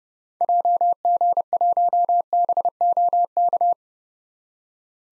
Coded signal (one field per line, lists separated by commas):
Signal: Morse code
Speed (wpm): 30 wpm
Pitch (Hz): 700 Hz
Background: none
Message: JG1BOK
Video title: 2023 SOTA Activator Call Signs - 30wpm